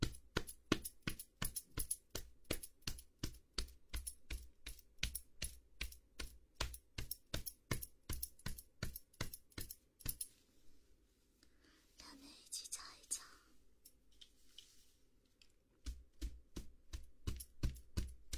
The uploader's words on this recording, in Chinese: 为弟弟做头部肩部按摩。